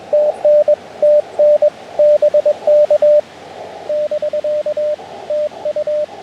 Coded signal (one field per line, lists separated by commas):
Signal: Morse code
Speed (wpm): 22 wpm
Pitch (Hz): 590 Hz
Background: radio noise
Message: TN TN BK <BK> TU